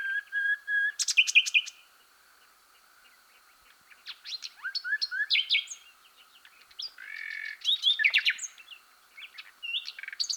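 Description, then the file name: Common nightingale song with varied whistles, chirps and rapid rattles, delivered in separate bouts with short pauses. "Luscinia megarhynchos"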